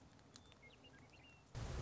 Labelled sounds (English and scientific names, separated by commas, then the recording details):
Western Meadowlark (Sturnella neglecta)
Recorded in Sonoma County, California